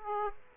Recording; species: mosquito wingbeat signal from an infrared sensor; Aedes aegypti